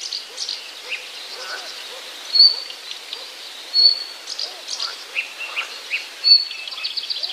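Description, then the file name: Blyth's reed warbler song: sparse, scratchy phrases broken by sharp, pure whistles and short pauses, over faint low arched notes in the background. "acrocephalus dumetorum"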